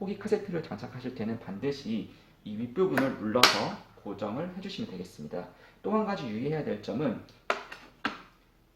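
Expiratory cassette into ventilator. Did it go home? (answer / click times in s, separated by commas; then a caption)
partly / 7.5 s, 8.1 s. Someone talks while an expiratory cassette is fitted into a Servo-i ventilator, followed by sharp clicks at 7.5 s and 8.1 s. The cassette can stop partway short of clicking home, leaving it not fully locked, so it could later fall out and the pre-use check would need to be redone; it must be pushed until the click sounds.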